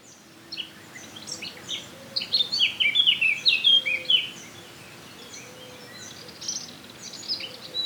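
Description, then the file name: Eurasian blackcap giving a brief, fast warble of sharp, high notes in the middle, with faint scattered chirps before and after. "Sylvia atricapilla"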